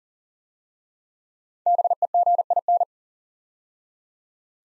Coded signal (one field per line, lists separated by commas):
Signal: Morse code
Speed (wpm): 38 wpm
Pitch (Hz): 700 Hz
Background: none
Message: BEGIN